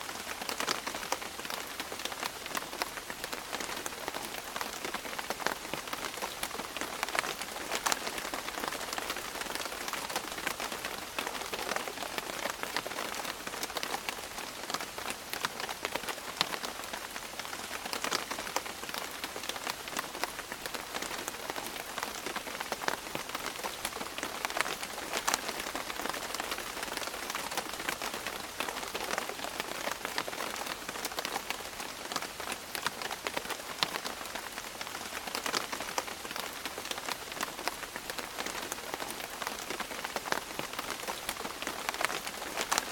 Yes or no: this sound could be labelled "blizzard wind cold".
no